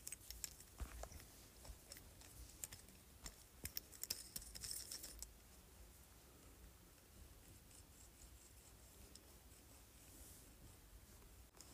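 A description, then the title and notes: A jade roller clicks and ticks in a quick, uneven run of sharp taps through the first five seconds, with a bright rattly edge. After that the tapping stops, leaving a soft, steady rolling hiss with a brief brighter swish near the tenth second. ASMR Jade Roller.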